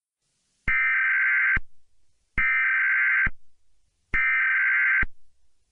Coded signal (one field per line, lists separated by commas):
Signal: Emergency Alert System (SAME) tones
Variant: header bursts